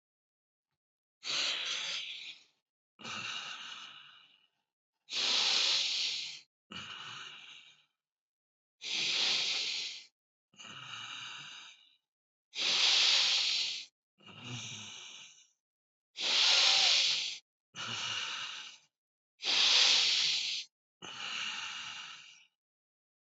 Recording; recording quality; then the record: deep breathing; excellent, no background noise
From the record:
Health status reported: healthy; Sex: male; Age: 62 years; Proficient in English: yes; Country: India